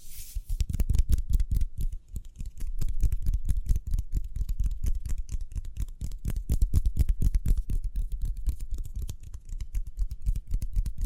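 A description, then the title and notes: Speedy hand sounds: dense, rapid rubbing and brushing strokes in a quick steady rhythm, mostly low and full, with sharp bright edges throughout. ASMR Speedy Hand Sounds (No Talking).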